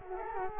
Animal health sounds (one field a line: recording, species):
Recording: mosquito wingbeat signal from an infrared sensor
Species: Culex quinquefasciatus